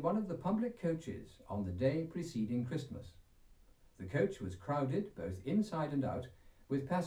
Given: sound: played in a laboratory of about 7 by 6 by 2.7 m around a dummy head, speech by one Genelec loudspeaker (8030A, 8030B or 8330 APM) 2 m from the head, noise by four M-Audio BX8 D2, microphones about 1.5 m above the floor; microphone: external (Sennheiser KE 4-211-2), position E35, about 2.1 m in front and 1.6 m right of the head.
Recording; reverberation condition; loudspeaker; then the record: male speech in English; low; 150 degrees to the right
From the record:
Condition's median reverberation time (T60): about 310 ms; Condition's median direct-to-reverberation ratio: about 3.5 dB